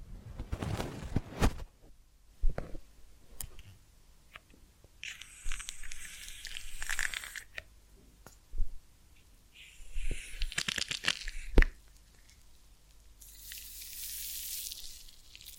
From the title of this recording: Massage, Ear Cleaning and Spa